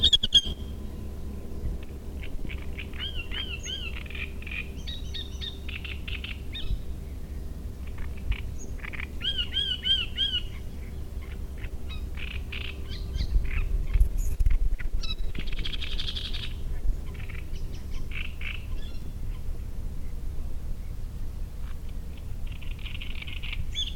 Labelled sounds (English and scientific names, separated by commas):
Great Reed Warbler (Acrocephalus arundinaceus)